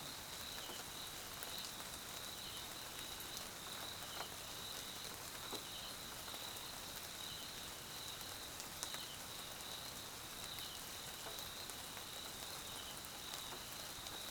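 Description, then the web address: Crickets chirping in a steady, unbroken high-pitched chorus, accompanied by rain pattering and dripping throughout. South African crickets recorded as a background chorus at night in rain in the Mkhaya jungle, Swaziland. "Tonschliff - SOUTH AFRICAN CRICKETS BG Swaziland Mkhaya Jungle Night Rain"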